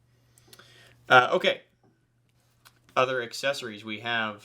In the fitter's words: we go there's a snap on the helmet you can hear that